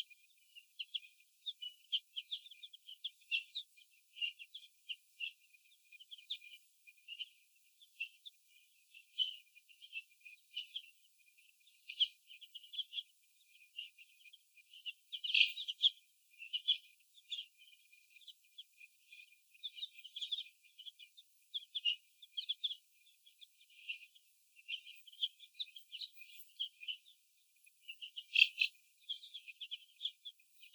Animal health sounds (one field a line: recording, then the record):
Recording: young laying hens in a cage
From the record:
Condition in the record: after the stressor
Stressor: sudden umbrella opening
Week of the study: 2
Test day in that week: 1